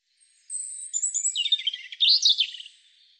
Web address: cianscape birddata Deverinetal 2025 Bird Er Ru